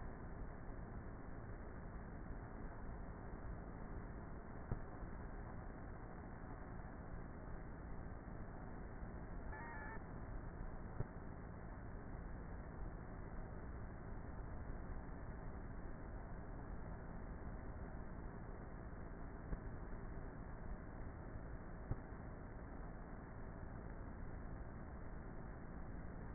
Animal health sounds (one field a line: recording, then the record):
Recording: honeybee colony, microphone inside the hive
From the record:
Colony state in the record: queenless with a low population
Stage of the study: before two queens were removed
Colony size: about 30,000 bees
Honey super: no